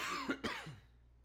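An adult gives two quick, harsh cough bursts in a small room. A plain cough.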